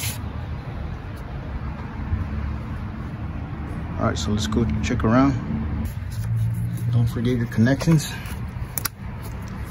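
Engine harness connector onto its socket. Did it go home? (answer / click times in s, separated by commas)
yes / 8.8 s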